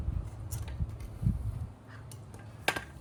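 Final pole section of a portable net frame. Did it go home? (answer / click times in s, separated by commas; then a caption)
yes / 2.7 s. The final metal pole section of a VINSGUIR pickleball net set's portable net frame is fitted, and its pin is pushed down to lock it in place. Soft handling knocks and faint ticks lead up to a loud, sharp snap at 2.7 s, followed by a quieter tick. The joint seats and the frame is fully assembled.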